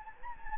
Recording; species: mosquito wingbeat signal from an infrared sensor; Anopheles gambiae